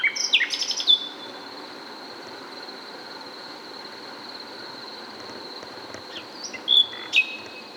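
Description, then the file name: Common nightingale song in two short bursts of sharp chirps and whistles at the start and end, separated by a long pause filled by a constant high-pitched hum. "Luscinia megarhynchos"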